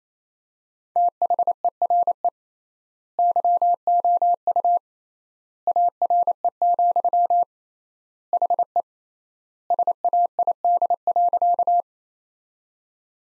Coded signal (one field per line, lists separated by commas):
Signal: Morse code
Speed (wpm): 28 wpm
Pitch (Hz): 700 Hz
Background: none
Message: THERE YOU ARE, HE SAID.